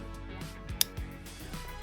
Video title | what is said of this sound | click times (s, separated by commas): Yamaha Jetboat - Hydrophase Ridesteady Install | push till it clicks | 0.8 s